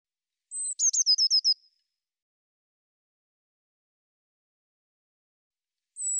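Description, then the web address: Eurasian blue tit: a thin high note, then a rapid trill of short dropping notes; another high note begins at the very end. "cianscape birddata Deverinetal 2025 File cleaned normalized Bird Cy Ca"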